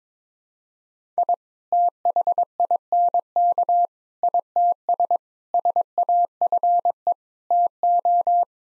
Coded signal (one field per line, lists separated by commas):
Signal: Morse code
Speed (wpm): 22 wpm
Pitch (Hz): 700 Hz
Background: none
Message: I THINK ITS SAFE TO